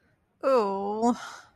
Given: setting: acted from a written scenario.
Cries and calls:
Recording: vocal sound without words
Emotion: guilt

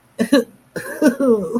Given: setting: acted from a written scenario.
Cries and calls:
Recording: vocal sound without words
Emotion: sadness

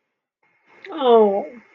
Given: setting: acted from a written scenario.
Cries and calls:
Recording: vocal sound without words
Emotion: sympathy

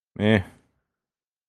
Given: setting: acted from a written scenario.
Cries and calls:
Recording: vocal sound without words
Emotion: neutral

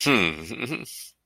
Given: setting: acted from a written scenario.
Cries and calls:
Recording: vocal sound without words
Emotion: pride

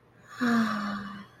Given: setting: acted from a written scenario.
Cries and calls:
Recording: vocal sound without words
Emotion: romantic love

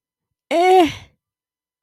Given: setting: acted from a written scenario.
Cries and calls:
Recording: vocal sound without words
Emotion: distress

